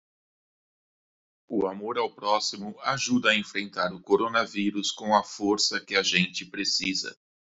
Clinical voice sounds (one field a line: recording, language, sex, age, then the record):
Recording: spoken sentence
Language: Brazilian Portuguese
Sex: male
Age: 50 to 59 years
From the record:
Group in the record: control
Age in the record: 57 years